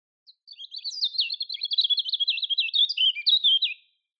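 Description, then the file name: European robin song, a continuous fast, jumbled warble of thin high notes rising and dipping for over three seconds with no background noise. "Erithacus rubecula"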